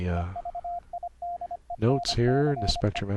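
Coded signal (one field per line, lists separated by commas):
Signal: Morse code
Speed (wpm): 25 wpm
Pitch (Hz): 700 Hz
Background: speech, radio noise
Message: EVIDENCE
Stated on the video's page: CW from a software keyboard, sent over the internet through Mumble using Reaper and virtual audio cables.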